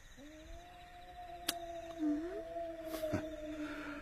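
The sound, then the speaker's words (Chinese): A man lets out a long, steady wolf-like howl, holding one low-pitched note for several seconds with a brief upward slide midway, while a couple of sharp clicks cut through. “什么也没说，就是嚎两嗓子过过瘾。”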